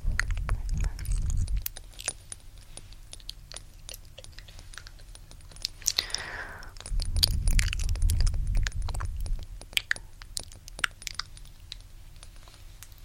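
Gentle tapping mixes with soft mouth sounds: quick clicks, wet squishy noises and small kiss-like pops scattered across the whole stretch. A low rumbling thump swells at the start and again from about seven to nine and a half seconds, with a brief sweeping rustle near six seconds.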